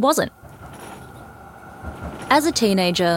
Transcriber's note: Melbourne tram in motion